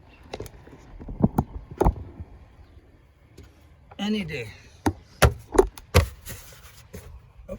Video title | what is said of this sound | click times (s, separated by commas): Camero 2010 3.6 oil change | this I see, it was out. I didn't catch that, so pop it off this again. | none